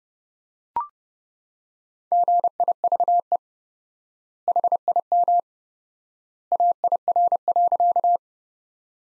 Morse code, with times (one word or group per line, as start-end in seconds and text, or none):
2.1-3.4 GIVE
4.5-5.4 HIM
6.5-8.2 AIR.